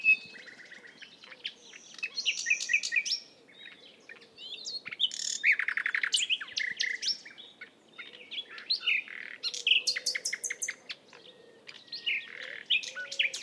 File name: Luscinia megarhynchos